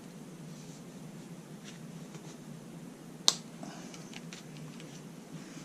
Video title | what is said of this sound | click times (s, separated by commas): Hardinge HV-O Indexer 20 Position - Quick cleaning and a little adjusting. | very finely machined pops right in what's | 3.3 s